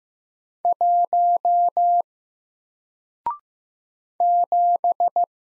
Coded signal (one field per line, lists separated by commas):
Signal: Morse code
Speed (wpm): 15 wpm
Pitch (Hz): 700 Hz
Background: none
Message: 1 7